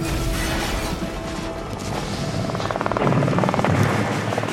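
An American military helicopter roars steadily, sent as reinforcement to the battle of Ap Bak in the Mekong Delta, Vietnam, on 2 January 1963, its rotor blades beating a fast rhythmic chop through a dense wash of engine noise that swells louder toward the end.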